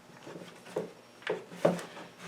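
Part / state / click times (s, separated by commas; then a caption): vacuum tube tab into the blower/vacuum housing latch / seated / 1.3 s, 1.7 s. A plastic vacuum tube is straightened so its tab slides down into the latch on the housing of a blower vacuum mulcher combo. Quiet plastic knocks are heard at 1.3 s and 1.7 s rather than a distinct click. The tab locks into the latch and the tube is seated.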